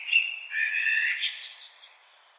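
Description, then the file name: Common blackbird giving a short phrase of fluted whistles followed by a higher, scratchy twittering flourish. "Turdus merula"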